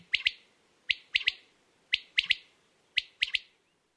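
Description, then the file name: Common quail giving its clipped three-note call, one short note then a rapid pair, repeated several times at roughly one-second intervals. "vaktel"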